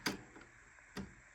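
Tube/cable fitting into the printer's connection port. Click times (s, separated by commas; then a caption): 0.1 s. A tube or cable fitting from an AMS 2 Pro filament unit is pushed into a connection port on a P1S 3D printer, giving a sharp click at 0.1 s, followed by a fainter tick at about 1.0 s. The click shows the fitting has seated and the unit is hooked up correctly.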